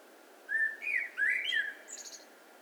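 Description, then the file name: Common blackbird song: a leisurely run of mellow, fluty whistled notes rising and falling, closed by a faint high trill. "Turdus merula"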